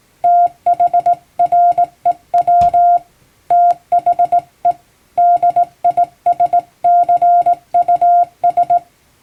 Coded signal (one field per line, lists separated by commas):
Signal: Morse code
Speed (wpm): 19 wpm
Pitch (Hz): 700 Hz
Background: none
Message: THREW THE DISCUS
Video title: 毎日聴いてモールストレーニング！アマチュア無線ハムの受信練習用に綺麗な手打ちで平文の欧文モールス信号を叩いてみました。YouTubeの再生速度を調整して聴こう(morse code learning)